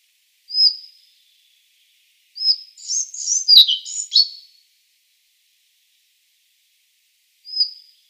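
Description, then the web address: Collared flycatcher song: a lone high squeaky note, then a hurried jumble of high chirps and whistles lasting about two seconds, and one more thin note near the end. "Schulze Peter Collared Flycatcher song"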